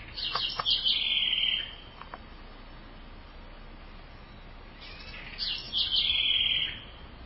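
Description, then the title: Southern house wren song, two lively phrases of high chattering and trilled notes several seconds apart, over quiet hiss. "cURRUIRA"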